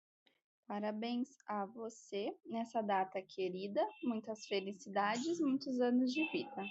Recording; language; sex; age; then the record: short text; Brazilian Portuguese; female; 20 to 29 years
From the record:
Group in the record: control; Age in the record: 27 years